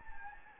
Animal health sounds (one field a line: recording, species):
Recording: mosquito wingbeat signal from an infrared sensor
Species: Anopheles gambiae